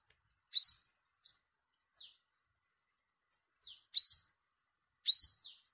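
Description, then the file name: Scattered sharp sunbird chips, high and rising, mixed with a few softer faint ticks and long pauses between. Vietnamese name: hút mật 5 màu, the five-colour sunbird. "tieng-hut-mat-5-mau-liu"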